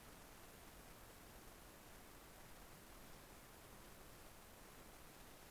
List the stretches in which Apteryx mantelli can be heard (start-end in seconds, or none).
none